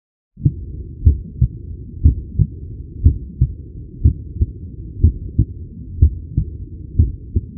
Human heart beating at 61 bpm.